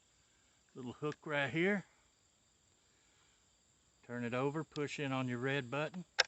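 A rifle component is handled during reassembly of a Winchester Wildcat .22 LR rifle: the rifle is turned over and the red button is pressed to push the part into the receiver/stock. Someone talks throughout over a steady high insect-like hiss, with a short sharp sound near the very end. Nothing has seated or clicked yet.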